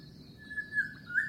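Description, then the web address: Bird calling with soft, thin whistles that waver and then rise at the end, over a steady high hiss and low background rumble. Unidentified bird species recorded in mangroves. "Sound Effects-Foundation 1 BIRD UNKNOWN MAGROVES"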